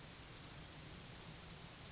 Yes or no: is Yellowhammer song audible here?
no